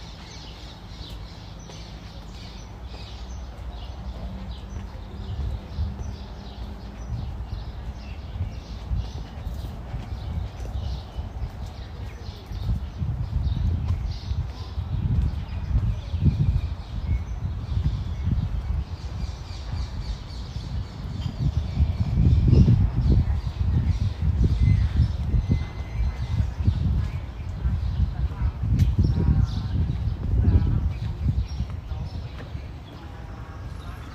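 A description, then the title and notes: Walking around a university campus in a city neighborhood, with a steady rhythm of footsteps and low rumbling that swells around twelve seconds and again near twenty-two. Faint voices and occasional bird chirps sit in the background over a constant outdoor hum. Tel Aviv City Sounds. Walking In Ramat Aviv, Israel. Walking Around The Tel Aviv University.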